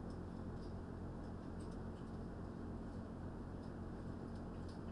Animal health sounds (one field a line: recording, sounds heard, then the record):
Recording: poultry house recording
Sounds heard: no chicken sound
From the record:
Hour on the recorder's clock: 20